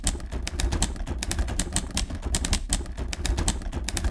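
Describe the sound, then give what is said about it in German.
Rapid, uneven clacking of typewriter keys as a man types up a book about Hamann in his study in the evening, a steady stream of sharp mechanical strikes over a low rumbling hum, with brief pauses between bursts and no voices. “Er geht ins Café Kröpke, hört sich um, schreibt seinen letzten Zeitungsartikel zum Fall, verkriecht sich abends in sein Arbeitszimmer, um das Buch über Hamann fertig zu tippen.”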